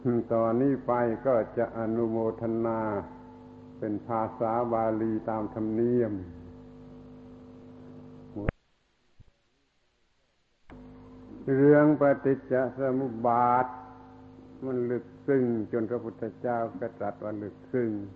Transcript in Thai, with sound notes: ต่อนี้ไปก็จะอนุโมทนาเป็นภาษาบาลีตามธรรมเนียม (39.13 – 39.54 เป็นสำเนียงใต้) เรื่องปฏิจจสมุปบาทมันลึกซึ้งจนพระพุทธเจ้าท่านตรัสว่าลึกซึ้ง